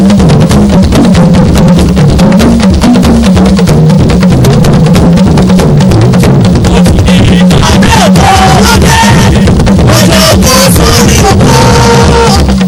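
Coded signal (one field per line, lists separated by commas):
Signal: talking drum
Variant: Yoruba dundun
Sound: rapid talking drum strokes with gliding pitch over a busy percussion ensemble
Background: other percussion, crowd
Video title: Oriki Olorun Akiikitan on Talking Drums with Drumsvoice of Jesus @ Baptist Night Of Wonders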